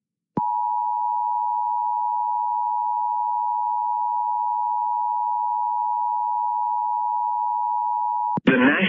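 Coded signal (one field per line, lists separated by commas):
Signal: Emergency Alert System (SAME) tones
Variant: 853 and 960 Hz attention tone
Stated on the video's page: Real Nebraska EAS tornado warning mentioning a landspout.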